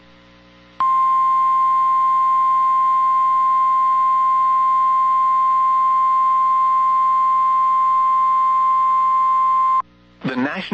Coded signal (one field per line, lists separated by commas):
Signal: Emergency Alert System (SAME) tones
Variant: 1050 Hz attention tone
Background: speech